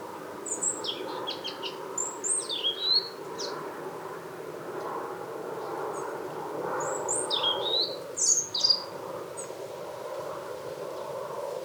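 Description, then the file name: European robin song: two bursts of thin, high, jumbled notes with quick slurred whistles, separated by a few seconds, over steady background noise. "Erithacus rubecula"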